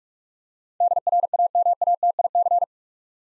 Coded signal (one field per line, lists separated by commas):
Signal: Morse code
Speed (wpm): 44 wpm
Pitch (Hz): 700 Hz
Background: none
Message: DRAMATIC